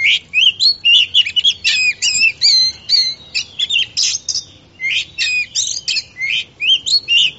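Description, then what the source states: Oriental magpie-robin song, short bursts of rising whistles and scratchy notes repeated in quick succession, with a brief pause midway. Champion-class songbird.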